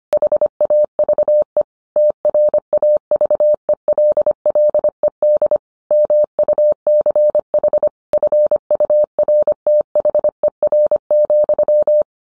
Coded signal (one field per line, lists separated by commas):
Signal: Morse code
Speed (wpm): 25 wpm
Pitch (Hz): 600 Hz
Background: none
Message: HAVE TRAVELLED MUCH FURTHER,